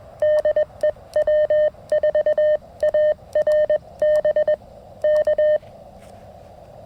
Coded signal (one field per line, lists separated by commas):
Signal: Morse code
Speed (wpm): 21 wpm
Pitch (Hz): 610 Hz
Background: none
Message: DEW4ARB K